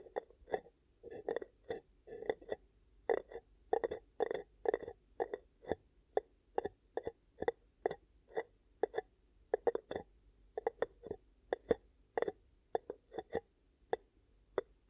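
Ear cupping sounds: quick hollow thumps and soft rustles arrive in rapid irregular bursts, a few per second, over a faint low hum.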